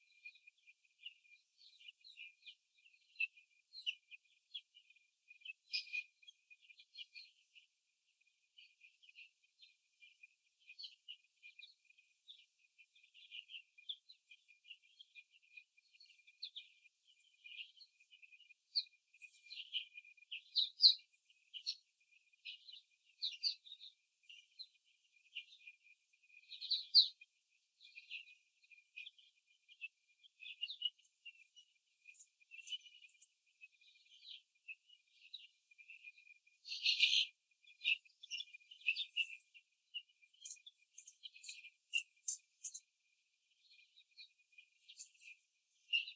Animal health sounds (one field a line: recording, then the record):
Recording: young laying hens in a cage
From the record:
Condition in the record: after the stressor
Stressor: simulated dog barking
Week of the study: 3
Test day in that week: 1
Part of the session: 3